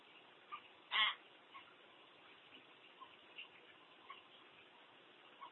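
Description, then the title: Common hill myna giving one loud, harsh call around the first second, with a few faint scattered notes afterward over steady background hiss. "burung beo"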